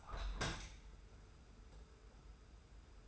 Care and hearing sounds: daily activity, microphone in the room; open window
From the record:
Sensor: 2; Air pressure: 991.2 hPa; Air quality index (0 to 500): 125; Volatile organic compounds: 111 ppm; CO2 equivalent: 3825 ppm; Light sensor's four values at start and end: 37/108/42/40 and 37/108/43/41

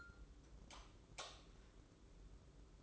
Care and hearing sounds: daily activity, microphone in the room; light off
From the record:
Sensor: 3

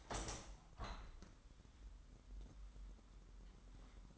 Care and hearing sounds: daily activity, microphone in the room; open window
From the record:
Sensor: 3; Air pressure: 997.9 hPa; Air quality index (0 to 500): 139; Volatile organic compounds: 4 ppm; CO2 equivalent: 1660 ppm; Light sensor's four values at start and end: 14/41/17/15 and 14/41/17/15

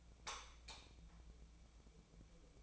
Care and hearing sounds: daily activity, microphone in the room; light off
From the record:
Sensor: 1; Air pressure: 1000.1 hPa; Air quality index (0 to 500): 130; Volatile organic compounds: 2 ppm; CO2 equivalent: 1234 ppm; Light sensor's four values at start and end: 35/94/38/46 and 32/82/34/42

